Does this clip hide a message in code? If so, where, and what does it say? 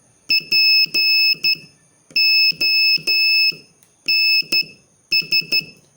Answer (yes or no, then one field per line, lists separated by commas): yes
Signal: Morse code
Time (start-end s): 0.3-5.6 s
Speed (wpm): 12 wpm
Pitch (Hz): 2600 Hz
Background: none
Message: PONS